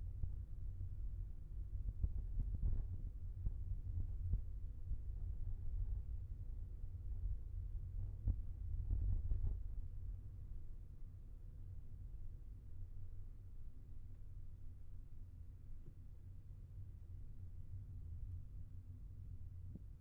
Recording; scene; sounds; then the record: everyday scene through a hearing-aid microphone; in a vehicle; engine, rumble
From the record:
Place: Skoda Fabia, gasoline engine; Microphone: behind the ear, left, front